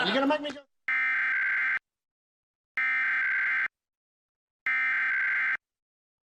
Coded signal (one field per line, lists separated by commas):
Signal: Emergency Alert System (SAME) tones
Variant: header bursts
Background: speech